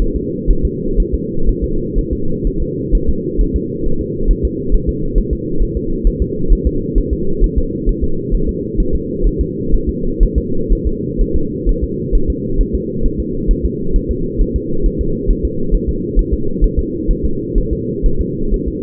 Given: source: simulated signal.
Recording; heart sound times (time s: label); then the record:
fetal heart sounds
0.02 s: S1
0.16 s: S2
0.51 s: S1
0.65 s: S2
1.00 s: S1
1.14 s: S2
1.49 s: S1
1.64 s: S2
1.98 s: S1
2.13 s: S2
2.47 s: S1
2.62 s: S2
2.95 s: S1
3.09 s: S2
3.41 s: S1
3.56 s: S2
3.86 s: S1
4.01 s: S2
4.31 s: S1
4.45 s: S2
4.75 s: S1
4.89 s: S2
5.18 s: S1
5.33 s: S2
5.62 s: S1
5.77 s: S2
6.07 s: S1
6.22 s: S2
6.53 s: S1
6.67 s: S2
6.98 s: S1
7.13 s: S2
7.44 s: S1
7.58 s: S2
7.89 s: S1
8.04 s: S2
8.34 s: S1
8.49 s: S2
8.80 s: S1
8.95 s: S2
9.27 s: S1
9.41 s: S2
9.74 s: S1
9.89 s: S2
10.23 s: S1
10.38 s: S2
10.73 s: S1
10.87 s: S2
11.21 s: S1
11.36 s: S2
11.69 s: S1
11.84 s: S2
12.15 s: S1
12.30 s: S2
12.61 s: S1
12.75 s: S2
13.06 s: S1
13.20 s: S2
13.51 s: S1
13.65 s: S2
13.96 s: S1
14.11 s: S2
14.42 s: S1
14.56 s: S2
14.86 s: S1
15.01 s: S2
15.31 s: S1
15.45 s: S2
15.75 s: S1
15.89 s: S2
16.19 s: S1
16.33 s: S2
16.64 s: S1
16.79 s: S2
17.11 s: S1
17.25 s: S2
17.58 s: S1
17.73 s: S2
18.06 s: S1
18.21 s: S2
18.54 s: S1
18.68 s: S2
From the record:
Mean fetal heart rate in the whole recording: 130 bpm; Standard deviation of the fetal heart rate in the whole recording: 4 bpm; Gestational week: 38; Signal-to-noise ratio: -8.1 dB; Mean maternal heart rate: 72 bpm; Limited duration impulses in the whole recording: absent